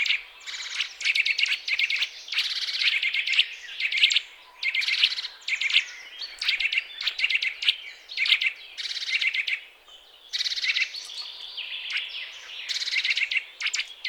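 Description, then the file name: Eurasian nuthatch giving rapid trains of hard, clicking call notes in long busy runs, pausing briefly a couple of times before resuming. "Sitta europaea"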